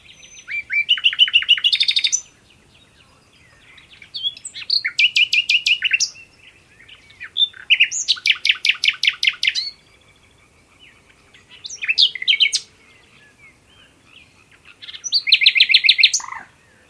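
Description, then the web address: Bird song in bursts of rapid, buzzy pulsed notes and chirps, each phrase up to about two seconds long and separated by pauses of a second or two, high-pitched throughout. "Bird Only"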